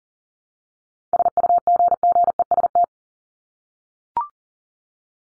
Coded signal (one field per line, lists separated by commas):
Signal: Morse code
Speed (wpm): 40 wpm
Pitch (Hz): 700 Hz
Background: none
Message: SUGGEST